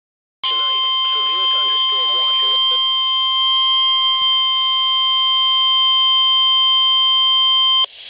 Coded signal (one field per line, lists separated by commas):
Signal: Emergency Alert System (SAME) tones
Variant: 1050 Hz attention tone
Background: speech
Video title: EAS Alert #92 - Tornado Warning 6/21/11